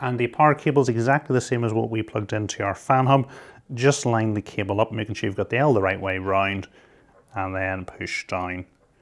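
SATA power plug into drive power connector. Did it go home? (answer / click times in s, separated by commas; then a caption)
no / none. Someone talks while an L-shaped SATA power cable plug, the same kind used for the fan hub, is lined up the right way round and pushed down onto a drive's power connector. No distinct click is heard; the plug has not yet seated or locked into place when the clip ends.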